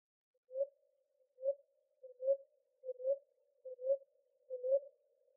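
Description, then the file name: Ruddy ground dove call: a soft, low, even coo repeated about every 0.8 seconds, six notes in a steady series against a quiet background. Arizona, 6 January 2007. "AZFO RUGD 4 deviche"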